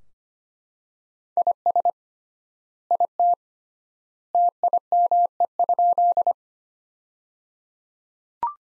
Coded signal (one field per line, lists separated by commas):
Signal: Morse code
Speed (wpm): 25 wpm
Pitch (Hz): 700 Hz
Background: none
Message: IS IT TIME?